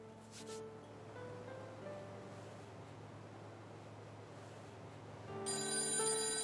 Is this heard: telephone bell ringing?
yes